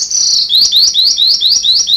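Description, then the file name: Sanma bird calling: a long high whistle, then a rapid series of short rising whistled notes about four per second, clear and steady. "suara burung sanma"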